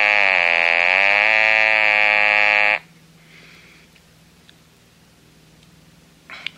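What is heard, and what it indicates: Steady buzzing electrolarynx tone produced by pressing the thumb switch on a Servox device, with a rich harmonic series and a slight pitch dip and rise, lasting under three seconds before it stops, followed by quiet room noise. Thumb wheels on the barrel adjust loudness and pitch.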